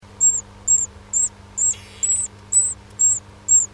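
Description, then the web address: Bird calls: very high, thin, whistled notes repeated roughly twice a second, steady and even, with a brief noisy rustle in the middle. In a nest box, 7 May 2005, 12:43. "nistkasten 20050507 1243"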